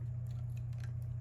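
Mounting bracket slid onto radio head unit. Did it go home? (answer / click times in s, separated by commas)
no / none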